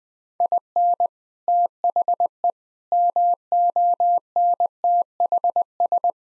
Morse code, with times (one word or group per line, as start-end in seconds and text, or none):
0.4-1.1 IN
1.5-2.5 THE
2.9-6.1 MONTHS